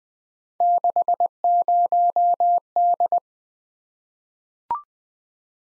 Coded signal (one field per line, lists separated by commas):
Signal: Morse code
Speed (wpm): 20 wpm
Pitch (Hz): 700 Hz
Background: none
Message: 60D